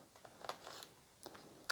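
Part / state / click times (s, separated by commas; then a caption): detachable side controller into handheld game console rail / not seated / none. The second detachable Joy-Con side controller is handled against the opposite rail of a Nintendo Switch handheld console, Mario Kart 8 Deluxe Edition. Quiet sliding and light handling ticks come around 0.5 s and 1.2 s, with a sharp brief tick at the very end. Nothing has seated or clicked into place yet.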